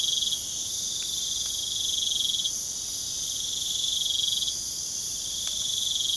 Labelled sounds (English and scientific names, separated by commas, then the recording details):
none
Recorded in pastures near Puerto Asís, Putumayo, Colombia, on 27 June 2025 at 23:00
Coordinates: 0.497, -76.327
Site G040